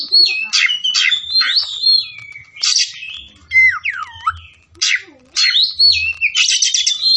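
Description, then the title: Oriental magpie-robin song, loud varied phrases of whistles, buzzy notes and sweeping slurred tones, delivered rapidly with short pauses; faint low hum underneath. From Tretes, singing vigorously (gacor). "Kacer Tretes"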